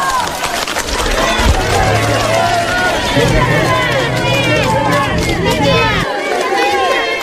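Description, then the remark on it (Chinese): A crowd of villagers cheers and calls out warmly, greeting General Secretary Xi Jinping with 'Hello, General Secretary' as he leaves their village; many excited voices overlap in a loud, continuous clamor that holds steady for about seven seconds over a low droning hum. “离开村子时，村民们热情欢呼，总书记好。”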